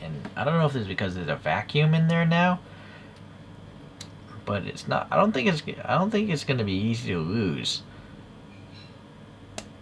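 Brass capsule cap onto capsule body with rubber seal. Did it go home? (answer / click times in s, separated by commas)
yes / 9.6 s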